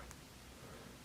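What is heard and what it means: The plastic back-leg panel of a Soul of Chogokin Evangelion Eva-01 Renewal Ver. action figure is lined up with its peg hole in the leg and pushed down. A single short, sharp click sounds at 0.1 s over a steady low background hiss. The panel pegs into the hole and seats.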